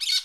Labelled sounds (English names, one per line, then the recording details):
Brown-throated Parakeet contact call
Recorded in Curacao
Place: Hoffi Jan Thiel
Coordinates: 12.094, -68.877